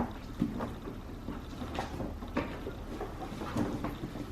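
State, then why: Not seated. The front bumper cover of a 2009-2020 Dodge Journey is being lined up by hand with the side bumper retainer bracket before it is pressed home. Low rustling and scraping handling noise runs throughout, with short knocks at about 0.4, 2.4, 3.0 and 3.8 seconds. The cover is lined up, but nothing has seated or clicked yet.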